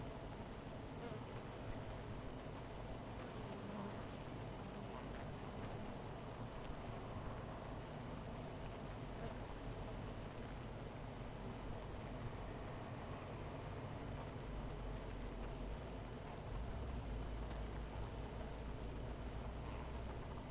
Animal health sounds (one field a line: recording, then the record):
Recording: honeybee colony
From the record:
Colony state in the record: missing queen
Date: 14 July 2017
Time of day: 17:30